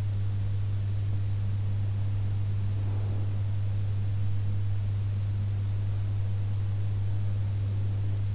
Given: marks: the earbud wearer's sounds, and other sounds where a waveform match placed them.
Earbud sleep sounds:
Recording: sounds in sleep by an in-ear microphone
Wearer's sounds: breath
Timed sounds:
2.68-3.58 s: breath

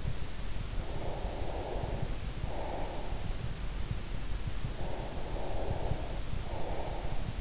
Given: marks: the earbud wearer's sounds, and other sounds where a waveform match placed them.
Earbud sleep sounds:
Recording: sounds in sleep by an in-ear microphone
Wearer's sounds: breath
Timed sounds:
0.72-3.39 s: breath
4.76-7.41 s: breath

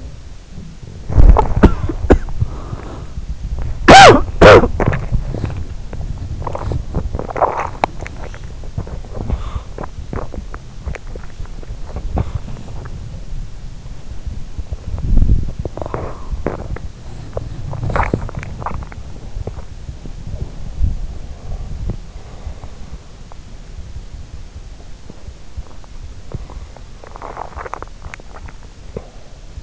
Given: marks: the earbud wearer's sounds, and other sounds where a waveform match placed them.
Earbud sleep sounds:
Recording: sounds in sleep by an in-ear microphone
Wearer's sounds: cough or throat clearing or sniffle, body movement, swallowing, breath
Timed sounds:
0.00-0.88 s: sound from someone else or the room
0.97-3.08 s: cough or throat clearing or sniffle
3.80-5.65 s: cough or throat clearing or sniffle
5.94-29.63 s: body movement
6.33-13.10 s: swallowing
16.58-19.71 s: swallowing
20.33-23.19 s: breath
25.06-29.12 s: swallowing

